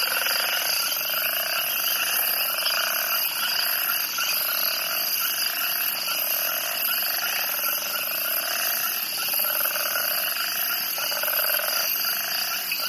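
Cricket chorus, a constant shrill buzzing layered in high tones, over lower pulsed trills in repeated bursts.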